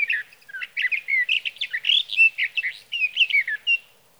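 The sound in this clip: Sage thrasher delivering a hurried, unbroken warble of slurred and chattering notes.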